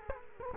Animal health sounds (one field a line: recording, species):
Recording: mosquito wingbeat signal from an infrared sensor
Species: Culex quinquefasciatus